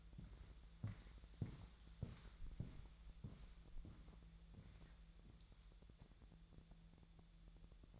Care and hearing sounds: daily activity, microphone in the room; walk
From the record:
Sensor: 3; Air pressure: 1002.0 hPa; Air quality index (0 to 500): 240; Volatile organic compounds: 107 ppm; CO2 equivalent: 3798 ppm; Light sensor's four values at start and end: 8/19/8/8 and 8/20/8/9

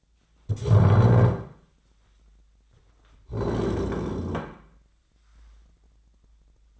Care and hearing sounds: daily activity, microphone in the room; stand up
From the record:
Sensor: 3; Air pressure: 1009.2 hPa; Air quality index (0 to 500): 183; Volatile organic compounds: 3 ppm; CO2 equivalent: 1480 ppm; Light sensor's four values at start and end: 53/136/60/61 and 42/108/48/50

